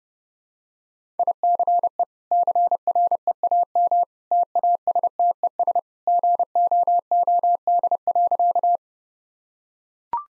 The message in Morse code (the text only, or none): ICE CREAM TASTES GOOD.